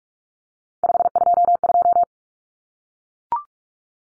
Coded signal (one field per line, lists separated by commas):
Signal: Morse code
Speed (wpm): 44 wpm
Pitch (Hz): 700 Hz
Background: none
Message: 522